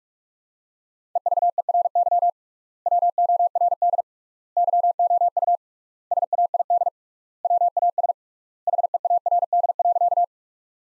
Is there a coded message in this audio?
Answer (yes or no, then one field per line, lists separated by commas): yes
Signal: Morse code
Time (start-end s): 1.2-10.2 s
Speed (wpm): 47 wpm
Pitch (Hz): 700 Hz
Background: none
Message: EVERY WORD YOU SAID WAS HEARD.